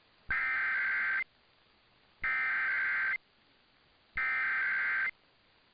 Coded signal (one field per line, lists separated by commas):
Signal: Emergency Alert System (SAME) tones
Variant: header bursts